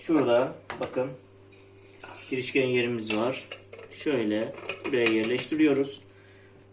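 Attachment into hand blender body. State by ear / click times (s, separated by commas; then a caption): not seated / none. Someone talks while fitting an attachment onto the mount of a Solingen hand blender body, with faint handling sounds between phrases. The clip ends before the attachment goes home, so nothing has seated or clicked yet.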